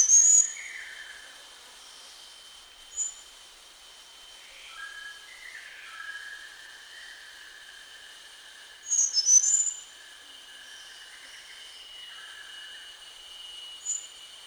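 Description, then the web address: Rufous-chested Flycatcher giving short, thin, high-pitched whistles in scattered bursts, with softer lower bird notes in between and a constant high steady hum. Recorded at Danum on 1 March 2008. "DANUM 20080301. rufous-chested flycatcher"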